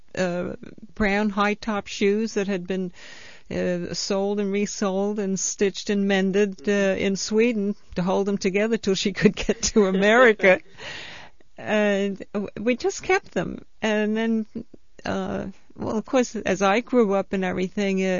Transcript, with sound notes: They are brown high top shoes that had been soled and resoled and stitched and mended, uh, in Sweden to hold them together 'til she could get to America. (they laugh) We just kept them. And then, well 'course as I grew up and everything,